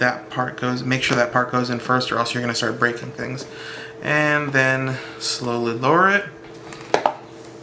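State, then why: Seated. A person talks while fitting the plastic bottom cover back onto an HP Pavilion DM1 netbook, hooking its bottom edge in first, lowering it slowly and pressing down firmly. Two sharp plastic snaps at 6.9 s and 7.1 s mark the cover's clips seating into place.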